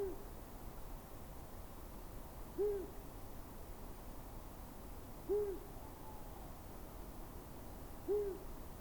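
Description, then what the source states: Long-eared owl hooting, soft low single hoots repeated roughly every two and a half to three seconds, over faint background hiss. Male's soft distant hooting around midnight for nearly twenty minutes, edge of a Scots pine forest, 17 February 2021, Plateau de Lesches-en-Diois, Drôme; Nagra BB+, MKH40 cardioid pair.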